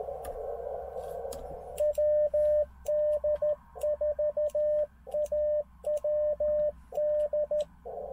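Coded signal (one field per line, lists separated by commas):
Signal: Morse code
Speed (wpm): 13 wpm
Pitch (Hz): 600 Hz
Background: radio noise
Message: WD4AWD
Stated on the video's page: Slow QRS CW at 13 WPM during a POTA park activation, offered as Morse practice.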